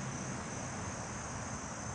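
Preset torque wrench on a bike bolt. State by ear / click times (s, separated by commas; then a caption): not seated / none. A preset torque wrench set to 7 Nm is turned on a front bike bolt, and it has not clicked yet. The clip holds only steady broadband noise with a constant hiss, and no clicks or sudden sounds.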